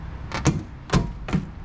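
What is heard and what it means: A car bumper on an Audi A4 B5 is snapped into a quick-release plastic clip on the car body. A few short sharp impacts are heard, with the loudest click at 0.5 s followed by two softer knocks. The bumper seats in the clip.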